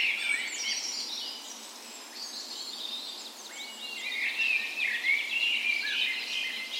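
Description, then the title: Birds: bird dawn chorus, bright whistles and rapid twittering from several singers, loudest near the end. Dawn chorus on the morning of 17 May, Norway's National Day, in a park west in Bergen, Norway, in spring; Sony PCM A10 recorder with LOM micro Usi mics as tree ears. "17th Of May Dawn Chorus"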